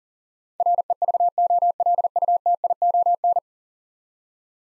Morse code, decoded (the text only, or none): REVOLUTION